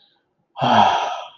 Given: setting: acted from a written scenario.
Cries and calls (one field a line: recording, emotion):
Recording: vocal sound without words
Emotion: serenity